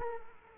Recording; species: mosquito wingbeat signal from an infrared sensor; Culex quinquefasciatus